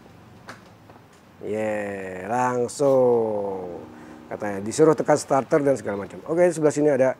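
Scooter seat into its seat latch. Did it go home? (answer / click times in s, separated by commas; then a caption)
yes / 0.5 s. A Honda CUV e electric scooter's seat is pressed down into its seat latch to close it after the display warned that the seat was open. A sharp click is heard at 0.5 s as the latch catches, with a fainter knock around 0.9 s, and then someone talks. The seat is latched shut.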